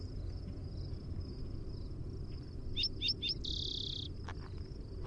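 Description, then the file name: Spotted towhee song: three short clipped notes, then a fast buzzy trill about two-thirds of a second long, with a continuous high cricket-like hum and low rumble behind. Primary song. "SPTO-Primary Song"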